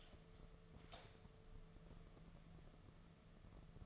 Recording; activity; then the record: daily activity, microphone in the room; light on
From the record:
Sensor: 4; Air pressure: 1015.5 hPa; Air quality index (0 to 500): 182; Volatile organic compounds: 8 ppm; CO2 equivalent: 2102 ppm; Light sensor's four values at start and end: 22/52/22/24 and 23/56/23/25